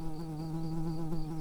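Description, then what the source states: Early bumblebee buzzing, a steady low droning hum with rich overtones that wavers slightly in pitch and loudness throughout. Workers.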